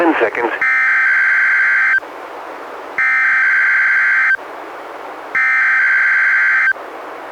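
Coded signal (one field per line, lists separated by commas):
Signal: Emergency Alert System (SAME) tones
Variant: header bursts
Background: speech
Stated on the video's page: Two NWR Required Weekly Tests relayed by NOAA Weather Radio station, recorded from a Reecom R-1630 weather radio through a Zoom H1 recorder.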